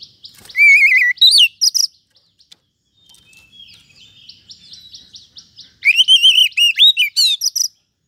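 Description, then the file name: Oriental magpie-robin song: a wavering whistled phrase with chatter, a quiet stretch of soft rapid ticks, then another loud burst of warbling whistles. "Suara Kacer"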